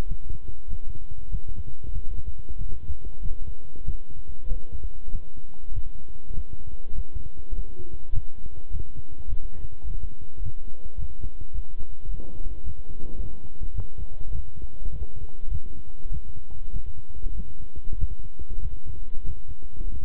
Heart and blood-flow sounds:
heart sounds by stethoscope; between the tricuspid and mitral areas; 100 bpm
0.06 s: heartbeat
0.68 s: heartbeat
1.29 s: heartbeat
1.91 s: heartbeat
2.56 s: heartbeat
3.20 s: heartbeat
3.83 s: heartbeat
4.46 s: heartbeat
5.10 s: heartbeat
5.72 s: heartbeat
6.32 s: heartbeat
6.93 s: heartbeat
7.53 s: heartbeat
8.12 s: heartbeat
8.70 s: heartbeat
9.27 s: heartbeat
9.85 s: heartbeat
10.41 s: heartbeat
10.97 s: heartbeat
11.53 s: heartbeat
12.09 s: heartbeat
12.63 s: heartbeat
13.18 s: heartbeat
13.73 s: heartbeat
14.30 s: heartbeat
14.90 s: heartbeat
15.50 s: heartbeat
16.09 s: heartbeat
16.71 s: heartbeat
17.35 s: heartbeat
17.97 s: heartbeat
18.60 s: heartbeat
19.24 s: heartbeat
19.87 s: heartbeat
From the record:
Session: walking at 3.7 km/h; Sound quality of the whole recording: good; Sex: male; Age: 26 years

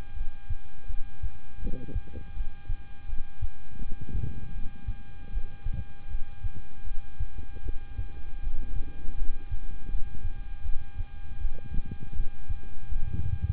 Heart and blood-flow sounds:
heart sounds by stethoscope; between the tricuspid and mitral areas; 80 bpm
0.14 s: heartbeat
0.87 s: heartbeat
1.60 s: heartbeat
2.34 s: heartbeat
3.06 s: heartbeat
3.79 s: heartbeat
4.52 s: heartbeat
5.30 s: heartbeat
6.08 s: heartbeat
6.84 s: heartbeat
7.63 s: heartbeat
8.40 s: heartbeat
9.15 s: heartbeat
9.88 s: heartbeat
10.62 s: heartbeat
11.38 s: heartbeat
12.13 s: heartbeat
12.89 s: heartbeat
From the record:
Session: rest, lying down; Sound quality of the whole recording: good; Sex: male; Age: 26 years

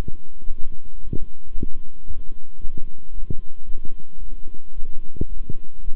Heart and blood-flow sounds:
heart sounds by stethoscope; between the tricuspid and mitral areas; 112 bpm
0.46 s: heartbeat
1.00 s: heartbeat
1.53 s: heartbeat
2.06 s: heartbeat
2.59 s: heartbeat
3.12 s: heartbeat
3.65 s: heartbeat
4.18 s: heartbeat
4.73 s: heartbeat
5.28 s: heartbeat
5.83 s: heartbeat
From the record:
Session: walking at 3.7 km/h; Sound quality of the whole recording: good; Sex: male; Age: 26 years

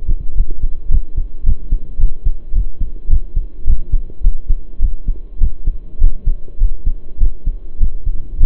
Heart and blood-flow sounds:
heart sounds by stethoscope; between the tricuspid and mitral areas; 105 bpm
0.36 s: heartbeat
0.90 s: heartbeat
1.45 s: heartbeat
1.99 s: heartbeat
2.54 s: heartbeat
3.09 s: heartbeat
3.66 s: heartbeat
4.22 s: heartbeat
4.80 s: heartbeat
5.39 s: heartbeat
6.00 s: heartbeat
6.59 s: heartbeat
7.19 s: heartbeat
7.79 s: heartbeat
8.39 s: heartbeat
From the record:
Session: pedaling a stationary bicycle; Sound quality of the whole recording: saturated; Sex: male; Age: 23 years

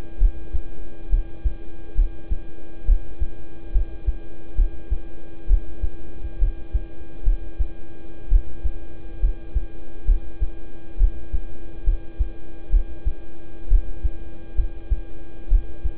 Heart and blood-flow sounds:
heart sounds by stethoscope; between the tricuspid and mitral areas; 67 bpm
0.18 s: heartbeat
1.09 s: heartbeat
1.95 s: heartbeat
2.85 s: heartbeat
3.72 s: heartbeat
4.55 s: heartbeat
5.47 s: heartbeat
6.38 s: heartbeat
7.23 s: heartbeat
8.28 s: heartbeat
9.19 s: heartbeat
10.05 s: heartbeat
10.97 s: heartbeat
11.84 s: heartbeat
12.70 s: heartbeat
13.68 s: heartbeat
14.55 s: heartbeat
15.48 s: heartbeat
From the record:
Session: rest, lying down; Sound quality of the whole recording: good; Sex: male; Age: 26 years

